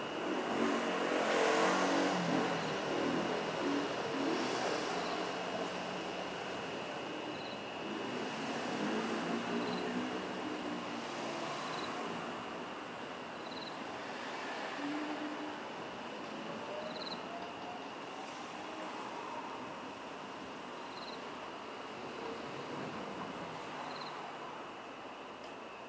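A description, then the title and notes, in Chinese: At a rural railway level crossing, a heavy rolling rumble is loudest in the first few seconds, then settles into a steady passing roar that slowly fades. A constant high insect drone runs throughout, with faint chirps repeating about every two seconds. 宜蘭礁溪興農路平交道。平交道、列車、生活、車輛、昆蟲鳴叫。地點：宜蘭縣礁溪鄉設備：Tascam DR-40x。另有少數的生活聲響與昆蟲鳴叫聲音。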